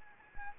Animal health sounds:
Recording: mosquito wingbeat signal from an infrared sensor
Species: Anopheles arabiensis

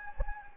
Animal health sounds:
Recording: mosquito wingbeat signal from an infrared sensor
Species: Anopheles gambiae

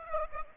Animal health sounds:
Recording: mosquito wingbeat signal from an infrared sensor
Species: Aedes aegypti

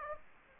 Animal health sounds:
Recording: mosquito wingbeat signal from an infrared sensor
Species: Anopheles gambiae

